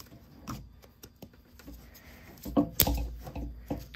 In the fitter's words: Let's make sure we got them aligned properly. Snap it back together.